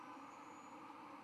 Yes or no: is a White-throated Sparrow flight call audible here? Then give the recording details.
no. No flight call is heard. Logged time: 22:45 on 12 November 2014